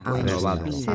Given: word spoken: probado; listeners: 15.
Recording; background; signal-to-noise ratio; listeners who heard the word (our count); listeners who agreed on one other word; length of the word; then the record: one Spanish word in noise, from a listening test; four-talker babble; -2.1 dB; 0 of 15; 8 of 15; 0.55 s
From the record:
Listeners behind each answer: 8, 2, 2, 1, 1, 1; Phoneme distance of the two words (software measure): 17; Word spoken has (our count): 3 syllables, 7 phonemes, stress on syllable 2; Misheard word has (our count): 3 syllables, 6 phonemes, stress on syllable 2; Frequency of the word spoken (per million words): 10.51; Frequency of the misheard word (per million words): 9.43